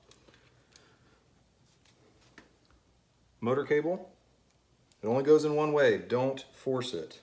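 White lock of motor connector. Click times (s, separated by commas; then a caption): 0.8 s. The white plastic lock on a Onewheel motor cable connector is pushed in and clicks into place with a short, sharp click at 0.8 s, between faint ticks and handling sounds. Someone then talks from about 3.4 s to the end. The lock is seated.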